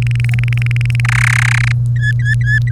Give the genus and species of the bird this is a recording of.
Serinus canaria